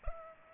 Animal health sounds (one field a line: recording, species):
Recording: mosquito wingbeat signal from an infrared sensor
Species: Culex pipiens